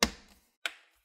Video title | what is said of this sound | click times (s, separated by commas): How to install / UPGRADE RAM Acer Aspire 5 under 5 minutes !!! | should hear those click sounds there | 0.0 s, 0.7 s